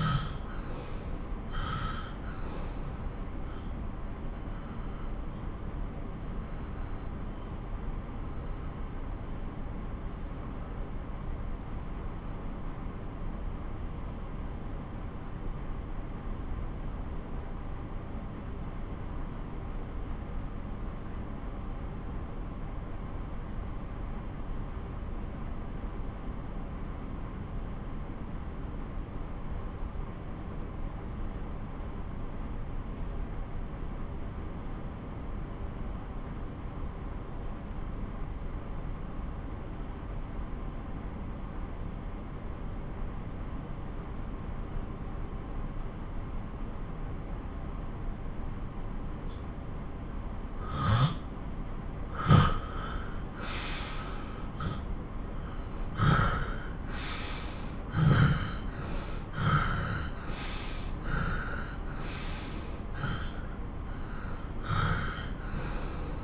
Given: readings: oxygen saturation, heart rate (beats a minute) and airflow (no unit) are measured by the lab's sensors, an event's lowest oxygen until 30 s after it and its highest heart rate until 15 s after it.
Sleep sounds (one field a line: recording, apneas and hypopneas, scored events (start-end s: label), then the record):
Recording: breathing in sleep by a smartphone at the bedside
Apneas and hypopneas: 1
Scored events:
3.00-33.00 s: new sleep stage, N2 (light sleep)
9.00-48.60 s: obstructive apnea (N2, oxygen 94% highest, then 80% lowest)
33.00-63.00 s: new sleep stage, N1 (lightest sleep)
63.00-66.24 s: new sleep stage, N2 (light sleep)
From the record:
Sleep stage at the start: N1 (lightest sleep)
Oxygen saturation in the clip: 79 to 94%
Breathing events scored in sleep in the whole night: 217 in 6.3 hours asleep